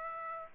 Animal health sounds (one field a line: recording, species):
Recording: mosquito wingbeat signal from an infrared sensor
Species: Aedes aegypti